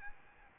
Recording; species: mosquito wingbeat signal from an infrared sensor; Aedes albopictus